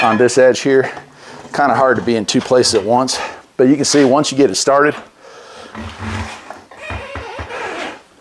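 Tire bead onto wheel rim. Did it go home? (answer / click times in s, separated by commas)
no / none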